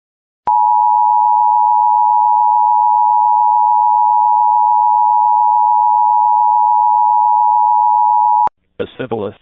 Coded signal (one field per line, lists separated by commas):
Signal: Emergency Alert System (SAME) tones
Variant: 853 and 960 Hz attention tone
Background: speech